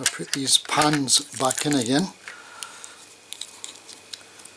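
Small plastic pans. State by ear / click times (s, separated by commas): not seated / none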